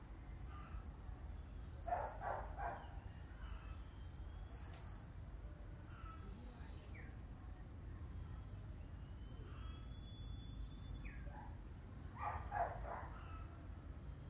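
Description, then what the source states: Domestic dog barks in a quick cluster early on and another near the end, over low background rumble. Dogs in a village in Vietnam, 2019.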